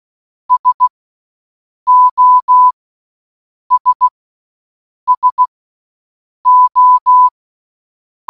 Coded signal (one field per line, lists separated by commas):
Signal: Morse code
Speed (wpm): 16 wpm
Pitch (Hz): 1000 Hz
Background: none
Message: SOS SO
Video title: 🔊🔊🔊 Listening To SOS For ONE HOUR In Morse Code Challenge 🔊🔊🔊